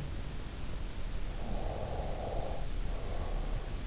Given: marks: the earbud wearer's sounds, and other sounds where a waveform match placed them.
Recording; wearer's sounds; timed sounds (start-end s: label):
sounds in sleep by an in-ear microphone; breath
1.49-3.80 s: breath